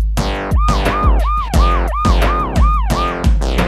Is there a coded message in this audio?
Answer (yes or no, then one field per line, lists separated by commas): no